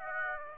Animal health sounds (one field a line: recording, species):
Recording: mosquito wingbeat signal from an infrared sensor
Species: Aedes aegypti